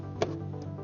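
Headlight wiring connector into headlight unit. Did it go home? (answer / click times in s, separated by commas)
no / none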